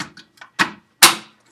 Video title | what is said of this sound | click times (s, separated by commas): Freedom Twin Water Softener Valve Break Down (CLACK TT Twin) | locks into place | 1.0 s